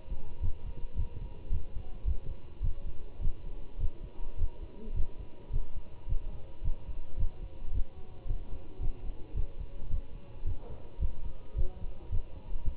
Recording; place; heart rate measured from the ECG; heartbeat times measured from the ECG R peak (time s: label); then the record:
heart sounds by stethoscope; between the tricuspid and mitral areas; 108 bpm
0.43 s: heartbeat
0.98 s: heartbeat
1.52 s: heartbeat
2.06 s: heartbeat
2.63 s: heartbeat
3.22 s: heartbeat
3.80 s: heartbeat
4.38 s: heartbeat
4.95 s: heartbeat
5.52 s: heartbeat
6.09 s: heartbeat
6.64 s: heartbeat
7.19 s: heartbeat
7.74 s: heartbeat
8.28 s: heartbeat
8.82 s: heartbeat
9.36 s: heartbeat
9.91 s: heartbeat
10.46 s: heartbeat
11.01 s: heartbeat
11.57 s: heartbeat
12.11 s: heartbeat
12.65 s: heartbeat
From the record:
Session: Bruce protocol treadmill stress test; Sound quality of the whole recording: good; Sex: male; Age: 25 years